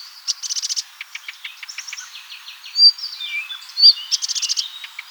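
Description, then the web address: Bird calls: rapid high ticking bursts mixed with short chirps and two loud sharp whistled notes in the middle, with busy background chirping. "ornitologiya slovar Ptichki"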